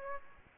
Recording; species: mosquito wingbeat signal from an infrared sensor; Aedes aegypti